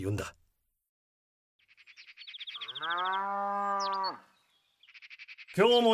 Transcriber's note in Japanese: 鳥のさえずり